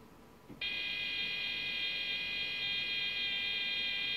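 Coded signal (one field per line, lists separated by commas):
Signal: computer data on cassette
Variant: KIM-1 HyperTAPE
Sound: brief quiet, then a steady shrill multi-tone whine, unchanging, about 3.5 seconds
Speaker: see 3x speed and then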